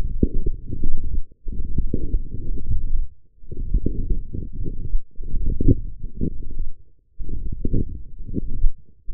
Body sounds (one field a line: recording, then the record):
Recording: forearm muscle sounds (acoustic myography)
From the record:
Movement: forearm pronation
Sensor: system 1, eight BSWA MPA416 microphones around the upper forearm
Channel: 5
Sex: male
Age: 23 years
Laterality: right